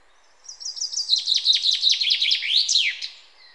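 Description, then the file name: Common chaffinch delivers a single song phrase, a tumbling series of sharp notes descending into a trill and closing with an emphatic flourish. "Fringilla coelebs"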